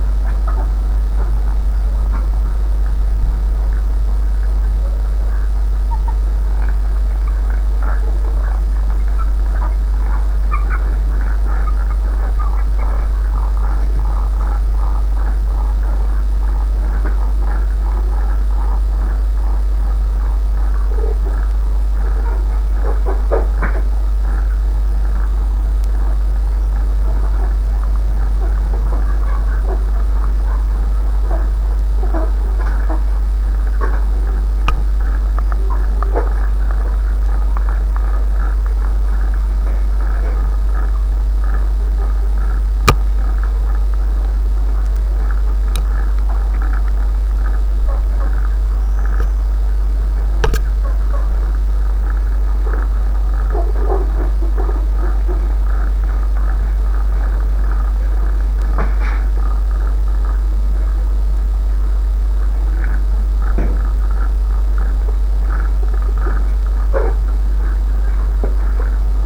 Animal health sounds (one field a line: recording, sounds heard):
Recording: poultry house recording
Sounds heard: sick chickens (respiratory disease)